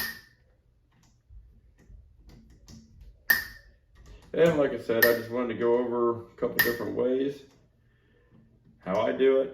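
A torque wrench is run over the scope ring screws on an Apex Rival 4-32x56 riflescope once more to make sure they are tight. The wrench gives a sharp click at its setting at 3.3 s, after faint ticking, confirming the torque is reached. Someone then talks.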